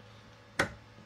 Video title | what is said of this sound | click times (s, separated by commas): Frankford Arsenal F-1 vs Hornady Iron Press | they stay in place they lock in and | 0.6 s